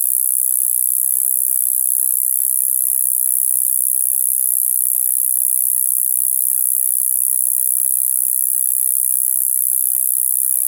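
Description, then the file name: Heath bush-cricket song: a continuous, sizzling high buzz running without pause throughout, with a faint low rumble late on. "Gampsocleis glabra"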